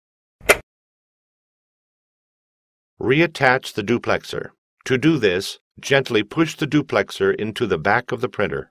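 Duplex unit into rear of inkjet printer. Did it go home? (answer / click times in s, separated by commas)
no / none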